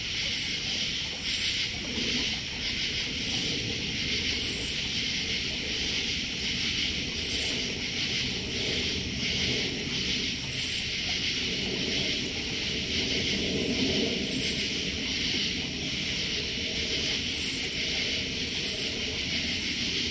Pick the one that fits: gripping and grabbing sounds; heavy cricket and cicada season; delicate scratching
heavy cricket and cicada season